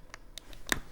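A plastic clip piece is pressed a second time onto a fabric craft assembly. A few faint ticks come first, then it snaps over the fabric with a sharp click at 0.7 s. The piece is seated.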